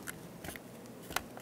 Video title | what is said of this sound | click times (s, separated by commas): How to Replace Fuel Pump Module Assembly 2003-2007 Honda Accord | bring it down and push it till you hear it click | 1.2 s